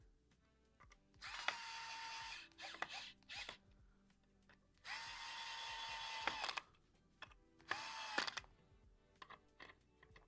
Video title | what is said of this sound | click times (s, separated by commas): Building the Dye Rotor Mechanism - Engineezy Live | And you can hear that clicking sound. That's the the torque. That's the clutch. | 1.5 s, 2.8 s, 6.3 s, 6.6 s, 7.7 s, 8.2 s